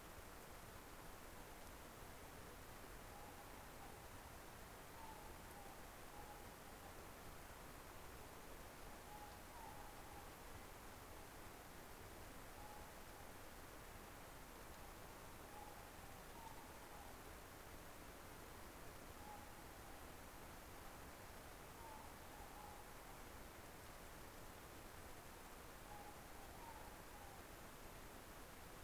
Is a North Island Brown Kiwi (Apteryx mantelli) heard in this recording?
no